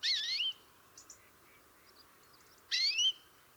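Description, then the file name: European greenfinch calls: two drawn-out, nasal, rising notes with a few faint short chips between them. "Chloris chloris"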